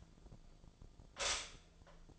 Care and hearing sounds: daily activity, microphone in the room; stop toaster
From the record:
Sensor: 5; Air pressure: 1009.4 hPa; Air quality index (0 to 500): 169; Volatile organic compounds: 4 ppm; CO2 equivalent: 1634 ppm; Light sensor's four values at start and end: 89/236/96/101 and 89/236/96/101

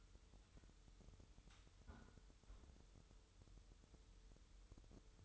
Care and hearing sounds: daily activity, microphone in the room; close fridge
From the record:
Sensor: 3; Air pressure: 988.4 hPa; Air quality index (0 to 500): 194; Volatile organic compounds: 299 ppm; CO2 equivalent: 4479 ppm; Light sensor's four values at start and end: 24/76/32/27 and 24/76/32/27

